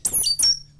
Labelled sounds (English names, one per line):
Stitchbird song